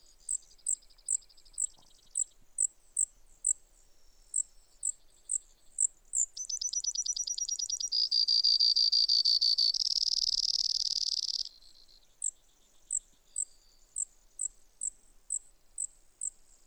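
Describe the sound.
Brewer's sparrow song: a run of high, sharp chips, then a fast trill sliding into a long, loud buzzy trill, and back to evenly spaced high chips.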